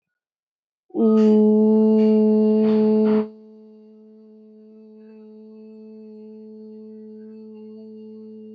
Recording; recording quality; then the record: sustained vowel as in boot; excellent, no background noise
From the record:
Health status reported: healthy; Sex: female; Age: 27 years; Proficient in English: yes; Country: India